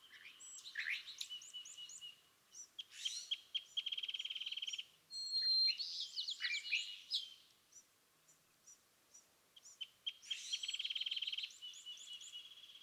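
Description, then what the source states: California thrasher delivering varied phrases: whistled slurs, buzzy rattles and sharp chirps, repeated in bursts with brief gaps. Dawn song excerpted from a longer session on day 1, repeating a theme of notes chosen that morning; March 9, 2017, Montaña de Oro State Park, Los Osos, California.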